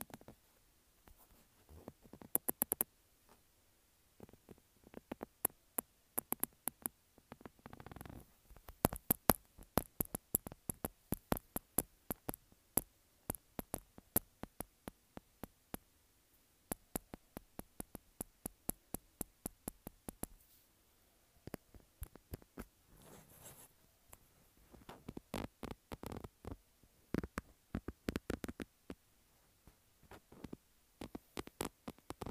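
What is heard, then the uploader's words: Fingernails tap and scratch a textured phone case in rapid, irregular bursts of sharp clicks, with brief pauses and occasional soft rubbing sweeps. Tapping and Scratching Textured Phone Case.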